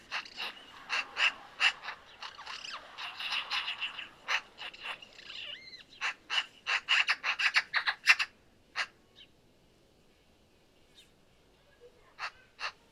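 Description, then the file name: Eurasian magpie chattering in a rapid, rattling run of harsh notes for about eight seconds, then falling quiet apart from a few isolated rasping calls. "Pica pica"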